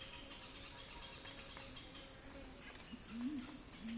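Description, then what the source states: Cicada drone holding steady on a high note, while a soft low cooing or warbling sound rises and falls beneath it. Cicada song described as a crescendo, recorded by Axel Drioli.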